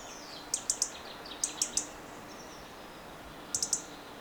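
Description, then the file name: European robin tick calls: three quick groups of three sharp, high clicks, spaced over a few seconds. Faint thin song notes drift in the background hiss. "Erithacus rubecula"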